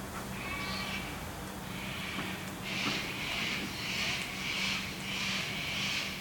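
Sulphur-crested cockatoo calling in a run of several rough, grating screeches, with a constant low hum underneath.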